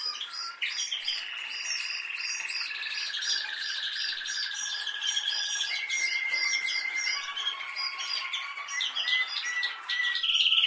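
Canary song with long rolling trills that shift pitch several times.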